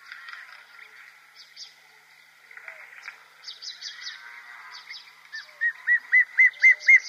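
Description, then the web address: Dark chanting goshawk call, faint scratchy chatter at first, then a clear burst of rapid whistled notes near the end, about four per second. Immature bird. "Schulze Peter Dark Chanting-Goshawk immature"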